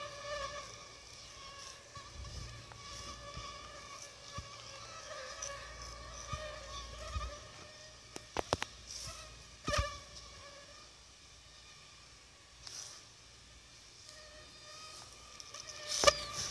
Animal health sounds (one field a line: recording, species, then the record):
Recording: mosquito flight sound by mobile phone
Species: Aedes aegypti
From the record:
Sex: female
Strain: 10130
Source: CDC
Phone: Sony Xperia